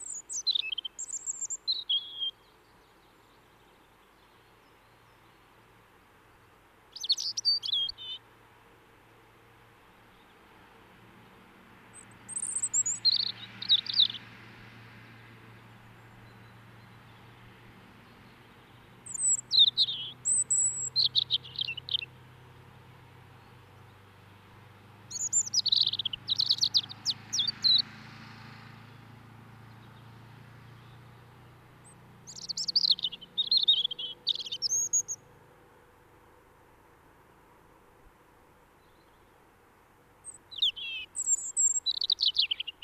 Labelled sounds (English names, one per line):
European Robin song